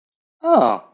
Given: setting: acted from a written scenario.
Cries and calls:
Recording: vocal sound without words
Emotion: realization

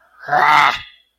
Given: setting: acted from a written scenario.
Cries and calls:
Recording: vocal sound without words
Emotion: anger

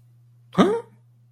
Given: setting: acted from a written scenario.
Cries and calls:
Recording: vocal sound without words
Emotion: negative surprise

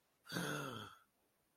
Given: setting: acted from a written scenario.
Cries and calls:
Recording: vocal sound without words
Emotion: awe

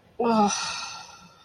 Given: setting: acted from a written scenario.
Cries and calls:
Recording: vocal sound without words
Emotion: disappointment

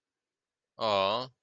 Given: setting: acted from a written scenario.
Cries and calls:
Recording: vocal sound without words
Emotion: amusement

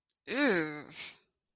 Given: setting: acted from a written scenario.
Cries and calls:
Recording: vocal sound without words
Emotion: disgust

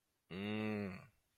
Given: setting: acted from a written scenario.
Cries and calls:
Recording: vocal sound without words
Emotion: neutral

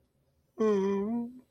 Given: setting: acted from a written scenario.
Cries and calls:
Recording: vocal sound without words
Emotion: sadness

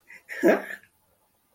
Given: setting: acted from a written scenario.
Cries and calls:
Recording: vocal sound without words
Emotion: amusement

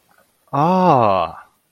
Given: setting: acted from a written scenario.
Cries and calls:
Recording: vocal sound without words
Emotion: realization

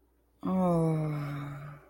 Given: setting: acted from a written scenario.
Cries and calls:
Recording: vocal sound without words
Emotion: guilt

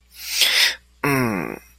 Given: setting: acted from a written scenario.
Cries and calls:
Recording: vocal sound without words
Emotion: anger

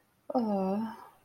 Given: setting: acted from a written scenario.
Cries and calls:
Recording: vocal sound without words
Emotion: romantic love

